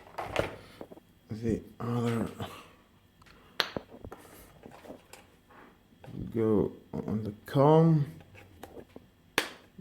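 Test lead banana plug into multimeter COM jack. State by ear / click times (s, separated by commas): seated / 9.4 s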